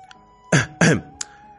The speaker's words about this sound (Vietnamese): Đứng ở đầu giường, Từ Ngôn trầm ngâm một lát mới ho khan hai tiếng nói.